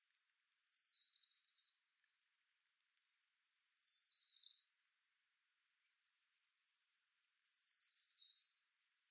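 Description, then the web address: Eurasian blue tit calls: three phrases about every three and a half seconds, each a thin high note dropping into a fast buzzy descending trill, with quiet background. "cianscape birddata Deverinetal 2025 File origin Bird Only Cy Ca"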